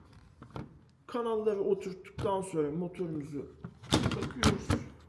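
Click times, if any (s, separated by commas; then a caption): none. A tubular motor for a vertical blind is handled at the curtain rail, about to be pushed onto the rail head. Faint handling knocks come around 0.4–0.6 s, then someone talks. Nothing has seated or clicked yet.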